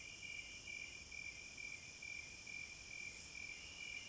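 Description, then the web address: Cricket song, rhythmic high-pitched chirping around twice a second with a steady shrill buzz above and one short louder burst late on. Crickets at midnight. "Sleep Sounds of Nature CRICKETS Midnight Serenade"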